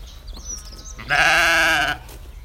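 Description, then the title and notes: Sheep giving a single wavering, nasal bleat lasting almost a second, rich in harmonics, with faint bird twittering before it. Sheep bleating close by; recorded on a sunny spring morning while waymarking a trail in Sussex. "Thanks to Dan for this sweeper, featuring sheep"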